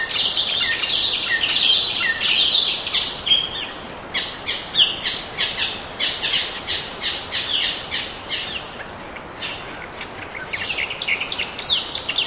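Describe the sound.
Bird calls: a quick series of high, sharp chirps repeated several times a second in the middle stretch, over steady hissing background noise.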